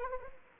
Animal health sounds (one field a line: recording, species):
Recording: mosquito wingbeat signal from an infrared sensor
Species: Anopheles arabiensis